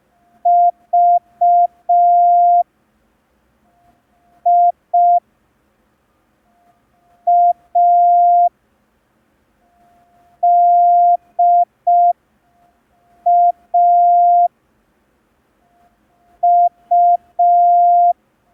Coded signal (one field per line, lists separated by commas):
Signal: Morse code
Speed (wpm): 5 wpm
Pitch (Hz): 700 Hz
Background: none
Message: V I A D A U